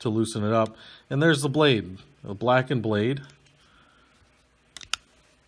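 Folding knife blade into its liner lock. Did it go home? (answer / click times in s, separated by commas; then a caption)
yes / 4.9 s. Someone talks, then the spring-assisted blade of a Switchedge Stealth G10 Digital Camo folding knife with a stone-washed, blackened blade is opened and its liner lock engages. A few quick clicks sound near 4.8 s, and the sharpest lands at 4.9 s as the blade locks open.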